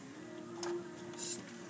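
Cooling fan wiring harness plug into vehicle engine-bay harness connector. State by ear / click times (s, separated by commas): seated / 0.6 s, 1.5 s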